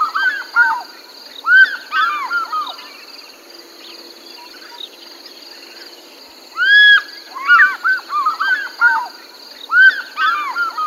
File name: african fish eagle